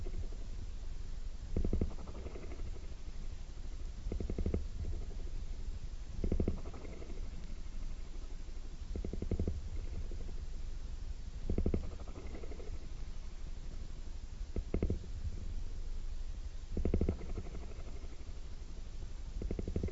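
A cat purrs steadily, a low rumbling drone that runs through the whole clip. Every two to three seconds the purr swells into a slightly louder, rougher pulse, likely each breath, giving an even, repeating rhythm over the continuous low hum.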